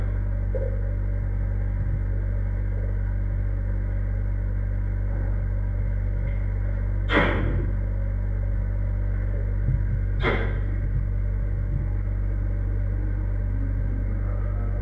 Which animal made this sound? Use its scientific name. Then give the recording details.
Pan troglodytes. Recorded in captivity. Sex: diverse. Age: adult. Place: Tierpark Berlin, Berlin, DE. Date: 1961-01-18. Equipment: Smaragd. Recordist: Korde and Stein